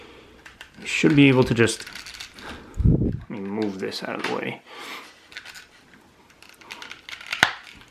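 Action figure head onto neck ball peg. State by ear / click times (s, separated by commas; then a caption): seated / 7.4 s. Someone talks while lining up the plastic head of a NECA Raphael as The Wolf Man Ultimate action figure with its neck ball peg, with a few light handling clicks along the way. The head is pushed on and pops into place with a sharp snap at 7.4 s, seating it on the peg.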